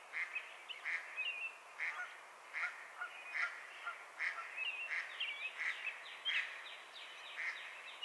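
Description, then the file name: Song sparrow, faint: soft chips and short slurred notes repeated steadily, roughly one burst a second, against a soft hiss. "Melospiza melodia - Song Sparrow"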